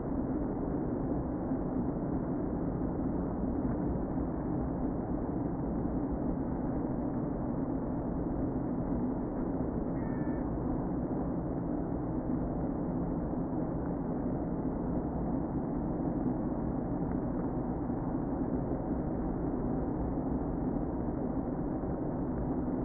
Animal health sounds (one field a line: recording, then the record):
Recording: honeybee colony, microphone inside the hive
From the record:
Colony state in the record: queen present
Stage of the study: before two queens were removed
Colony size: about 60,000 bees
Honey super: yes